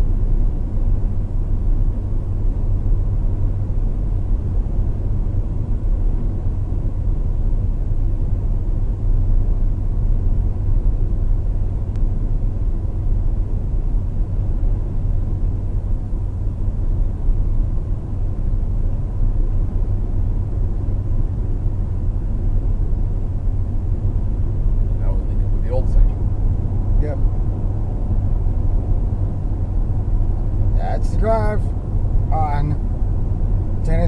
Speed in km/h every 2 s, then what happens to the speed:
127, 129, 129, 129, 129, 129, 129, 127, 127, 127, 127, 127, 127, 127, 127, 129, 129.
0-34 steady at about 127.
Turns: none.